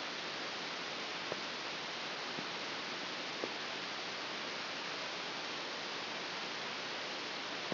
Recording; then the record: brain microelectrode recording played as sound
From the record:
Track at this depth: inside the subthalamic nucleus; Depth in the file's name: 3.524 mm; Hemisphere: left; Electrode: 2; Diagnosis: Parkinson's disease